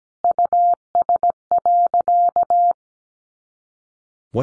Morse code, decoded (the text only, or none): US.